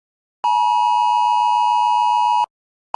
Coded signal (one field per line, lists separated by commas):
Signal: Emergency Alert System (SAME) tones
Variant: 853 and 960 Hz attention tone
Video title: Realtime Ground Zero Simulation | An EAS Scenario (creds to @eas_YP )